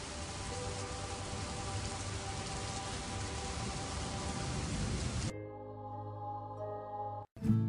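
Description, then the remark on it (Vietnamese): Steady, dense, heavy rain falls at night in Taipei, hissing for about five seconds over a low hum, then cuts off abruptly, leaving a quieter tonal drone with a brief dropout and a final burst near the end. “Đêm đó ở Đài Bắc, cả bầu trời đều là mưa, ngay cả trong không khí cũng tràn ngập sự đau khổ, làm tan nát cả cõi lòng.”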